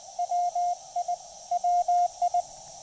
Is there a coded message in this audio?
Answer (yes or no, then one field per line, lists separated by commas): yes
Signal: Morse code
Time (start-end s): 0.2-2.4 s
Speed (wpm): 18 wpm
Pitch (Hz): 690 Hz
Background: none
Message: WI WI